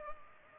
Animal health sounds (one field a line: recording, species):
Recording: mosquito wingbeat signal from an infrared sensor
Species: Culex pipiens